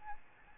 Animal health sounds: mosquito wingbeat signal from an infrared sensor; Aedes albopictus

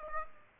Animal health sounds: mosquito wingbeat signal from an infrared sensor; Aedes aegypti

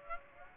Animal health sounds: mosquito wingbeat signal from an infrared sensor; Aedes aegypti

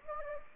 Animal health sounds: mosquito wingbeat signal from an infrared sensor; Anopheles gambiae

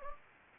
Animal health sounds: mosquito wingbeat signal from an infrared sensor; Anopheles gambiae

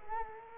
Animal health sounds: mosquito wingbeat signal from an infrared sensor; Culex quinquefasciatus

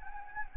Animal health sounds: mosquito wingbeat signal from an infrared sensor; Anopheles gambiae

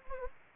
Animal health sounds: mosquito wingbeat signal from an infrared sensor; Anopheles gambiae

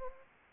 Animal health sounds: mosquito wingbeat signal from an infrared sensor; Anopheles arabiensis

